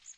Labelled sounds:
Magnolia Warbler (Setophaga magnolia) flight call

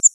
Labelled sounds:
Grace's Warbler (Setophaga graciae) flight call

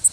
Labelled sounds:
Worm-eating Warbler (Helmitheros vermivorum) flight call

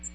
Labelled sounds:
American Redstart (Setophaga ruticilla) flight call

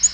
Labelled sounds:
Black-throated Green Warbler (Setophaga virens) flight call

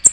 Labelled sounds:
American Redstart (Setophaga ruticilla) flight call

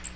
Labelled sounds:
Magnolia Warbler (Setophaga magnolia) flight call

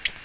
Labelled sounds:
Ovenbird (Seiurus aurocapilla) flight call

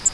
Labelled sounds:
Grace's Warbler (Setophaga graciae) flight call

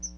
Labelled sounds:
Chestnut-sided Warbler (Setophaga pensylvanica) flight call

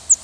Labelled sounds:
Northern Parula (Setophaga americana) flight call

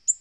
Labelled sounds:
Black-throated Green Warbler (Setophaga virens) flight call

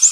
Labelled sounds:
American Redstart (Setophaga ruticilla) flight call

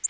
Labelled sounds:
Orange-crowned Warbler (Leiothlypis celata) flight call

